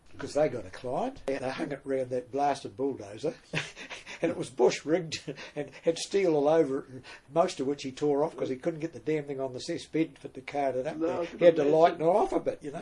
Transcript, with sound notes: ‘Cause they got a client, and they hung it round that blasted bulldozer, [chuckle] and it was bush-rigged – had steel all over it, most of which he tore off because he couldn’t get the damn thing on this S Bedford to cart it up there – had to lighten it off a bit, you know?